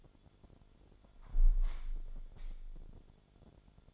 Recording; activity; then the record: daily activity, microphone in the room; close window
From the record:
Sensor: 5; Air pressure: 1006.5 hPa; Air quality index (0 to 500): 180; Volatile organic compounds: 5 ppm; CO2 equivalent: 1724 ppm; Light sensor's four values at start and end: 56/160/62/63 and 56/160/62/63